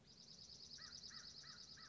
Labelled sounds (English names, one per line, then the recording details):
American Crow
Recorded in Sonoma County, California